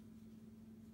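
The hammer of a Smith and Wesson .38 Special revolver is being handled as it is cocked back for single action, with the trigger's lug about to drop into the hammer notch. Only a steady low hum is heard, with no sharp sounds. Nothing has seated or clicked yet.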